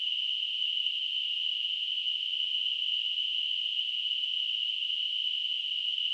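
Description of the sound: A steady, unchanging high-pitched hiss, centred around a shrill band near 3 kHz, runs for about six seconds with no pauses or pulsing. It is a simulated example of tinnitus, the constant ringing or hissing heard without any outside sound.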